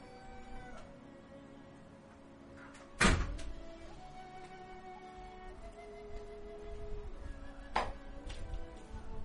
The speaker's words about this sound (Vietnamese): Ôi, quý vị đợi tí nha, mình ra đóng cửa cái ồn quá.